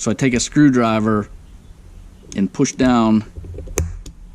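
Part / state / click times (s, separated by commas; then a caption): snap ring into milled groove of suspension component / seated / 3.8 s. A steel snap ring (circlip) sitting loose in a UTV suspension part is pushed down into its milled groove with a screwdriver while someone talks. A sharp snap sounds at 3.8 s, followed by a fainter tick, as the ring seats in the groove.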